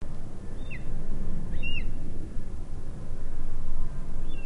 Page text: cantos aguimora. Aguila Mora. Fotos de aves de Argentina